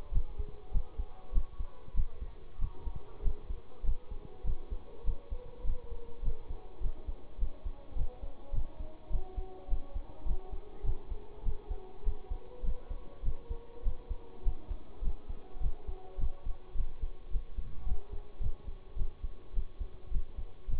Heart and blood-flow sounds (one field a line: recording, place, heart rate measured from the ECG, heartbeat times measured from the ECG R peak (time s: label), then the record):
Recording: heart sounds by stethoscope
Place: between the tricuspid and mitral areas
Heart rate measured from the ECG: 102 bpm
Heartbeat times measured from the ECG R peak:
0.11 s: heartbeat
0.71 s: heartbeat
1.32 s: heartbeat
1.94 s: heartbeat
2.58 s: heartbeat
3.22 s: heartbeat
3.83 s: heartbeat
4.44 s: heartbeat
5.04 s: heartbeat
5.64 s: heartbeat
6.22 s: heartbeat
6.80 s: heartbeat
7.38 s: heartbeat
7.95 s: heartbeat
8.52 s: heartbeat
9.10 s: heartbeat
9.68 s: heartbeat
10.25 s: heartbeat
10.83 s: heartbeat
11.43 s: heartbeat
12.03 s: heartbeat
12.63 s: heartbeat
13.22 s: heartbeat
13.82 s: heartbeat
14.42 s: heartbeat
15.01 s: heartbeat
15.60 s: heartbeat
16.17 s: heartbeat
16.74 s: heartbeat
17.30 s: heartbeat
17.85 s: heartbeat
18.40 s: heartbeat
18.96 s: heartbeat
19.53 s: heartbeat
20.10 s: heartbeat
20.68 s: heartbeat
From the record:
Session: bicycle stress test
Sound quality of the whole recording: good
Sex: male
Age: 26 years